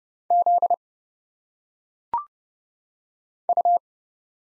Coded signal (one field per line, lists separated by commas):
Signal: Morse code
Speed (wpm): 30 wpm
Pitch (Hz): 700 Hz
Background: none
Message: Z U